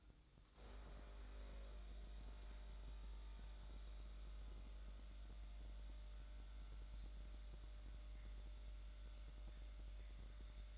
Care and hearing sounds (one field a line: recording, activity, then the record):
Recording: daily activity, microphone in the room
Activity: make coffee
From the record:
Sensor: 3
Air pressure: 1007.3 hPa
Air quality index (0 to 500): 61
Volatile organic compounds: 1 ppm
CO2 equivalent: 614 ppm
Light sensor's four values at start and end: 7/17/7/7 and 7/16/6/6